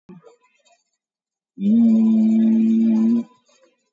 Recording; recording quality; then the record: sustained vowel as in beet; excellent, no background noise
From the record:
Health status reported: COVID-19 positive, mild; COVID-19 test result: positive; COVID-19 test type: RT-PCR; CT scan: taken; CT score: 10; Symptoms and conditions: sore throat, hypertension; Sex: male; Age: 56 years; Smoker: no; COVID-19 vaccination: one dose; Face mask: worn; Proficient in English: yes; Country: India